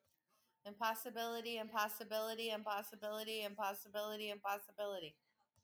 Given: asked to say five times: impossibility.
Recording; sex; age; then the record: repeated word; female; 40 to 49 years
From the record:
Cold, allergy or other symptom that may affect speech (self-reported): no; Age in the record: 45 years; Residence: New Mexico, United States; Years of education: 13